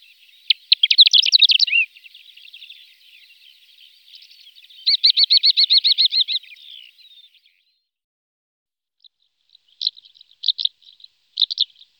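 Greater short-toed lark giving dry, chirruping calls in rapid rattling bursts, a long stuttering run midway, then scattered short chirps near the end.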